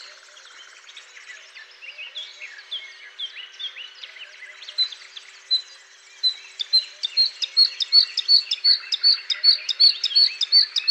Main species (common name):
Bluethroat